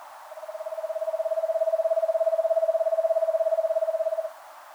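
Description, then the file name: Eastern screech owl monotone trill, a rapid stream of soft whistled pulses fading in, staying steady for about four seconds, then ending suddenly. "Eastern Screech Owl Megascops asio"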